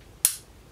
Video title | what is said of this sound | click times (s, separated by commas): Let’s Cake it on - GRWM UD BORN TO RUN PALETTE | hear that click? | 0.2 s